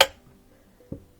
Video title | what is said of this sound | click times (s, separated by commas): ✨ Miele Dishwasher F-08 Error 3 FIXES & Diagnostic Procedure ✨ | there we go it's that nice and flat we can put this back on pull it till it clicks | 0.0 s